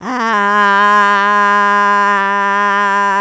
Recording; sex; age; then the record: sustained vowel /a/; female; 60 to 69 years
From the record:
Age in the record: 66 years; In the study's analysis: excluded